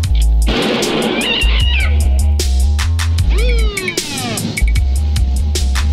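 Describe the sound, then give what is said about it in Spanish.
A cat lets out a few drawn-out, rising and falling meows, half buried under a loud, busy backdrop of pounding rhythmic music and clatter. “Policía, policía, ¿puede bajarme mi gato del árbol?”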